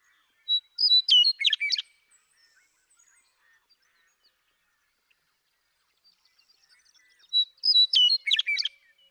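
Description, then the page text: Western meadowlark singing two songs about seven seconds apart, each opening with clear whistles and ending in a quick, tumbling gurgle. Male western meadowlark (Bird 1) singing in Sierra Valley, eastern California, 2018. "Birdsong for the Curious Naturalist: Explore #7. The joy of western meadowlark songs. Come along with me to Sierra Valley in eastern California where, during 2018, I just couldn't get enough of them"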